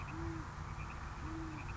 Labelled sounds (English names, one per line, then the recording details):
Great Horned Owl
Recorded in Sonoma County, California